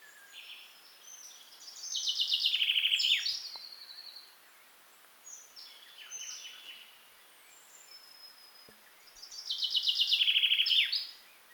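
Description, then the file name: Common chaffinch song heard twice, each phrase a cascade of high notes accelerating into a trill with a sharp terminal flourish, softer chirps between, steady hiss throughout. "Fringilla coelebs"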